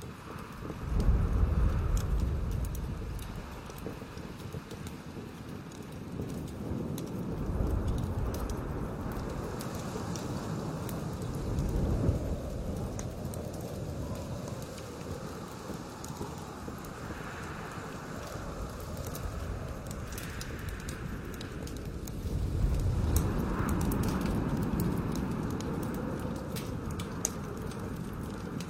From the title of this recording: Strong winds and snowstorms outside the tent on the mountain tops